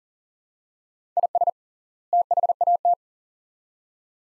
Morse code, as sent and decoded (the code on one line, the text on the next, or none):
.. ... / - .... .- -
IS THAT